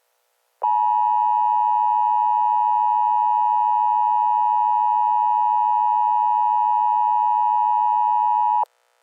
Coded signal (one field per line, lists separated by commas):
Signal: Emergency Alert System (SAME) tones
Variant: 853 and 960 Hz attention tone